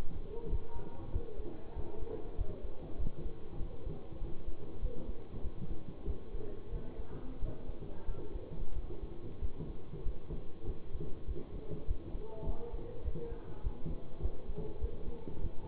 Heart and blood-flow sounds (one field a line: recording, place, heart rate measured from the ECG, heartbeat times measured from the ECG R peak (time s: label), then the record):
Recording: heart sounds by stethoscope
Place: between the tricuspid and mitral areas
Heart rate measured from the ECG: 97 bpm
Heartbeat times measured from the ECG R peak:
0.47 s: heartbeat
1.10 s: heartbeat
1.73 s: heartbeat
2.35 s: heartbeat
2.96 s: heartbeat
3.56 s: heartbeat
4.18 s: heartbeat
4.79 s: heartbeat
5.41 s: heartbeat
6.04 s: heartbeat
6.70 s: heartbeat
7.39 s: heartbeat
8.05 s: heartbeat
8.73 s: heartbeat
9.39 s: heartbeat
10.02 s: heartbeat
10.64 s: heartbeat
11.25 s: heartbeat
11.85 s: heartbeat
12.44 s: heartbeat
13.02 s: heartbeat
13.61 s: heartbeat
14.20 s: heartbeat
14.78 s: heartbeat
15.38 s: heartbeat
From the record:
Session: bicycle stress test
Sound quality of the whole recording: good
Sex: male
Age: 24 years